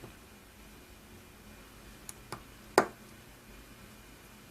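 The last screen flex ribbon connector on an iPhone 5S is pressed down into its logic board socket after some fumbling, since it is hard to line up. Two faint taps at 2.1 and 2.3 seconds are followed by a sharp click at 2.8 seconds as it snaps home and seats.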